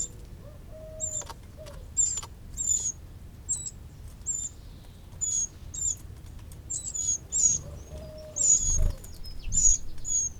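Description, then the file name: Eurasian wren calls: scattered high, sharp tick notes, some slightly downslurred, with occasional low hollow whistles in the background. "Troglodytes troglodytes"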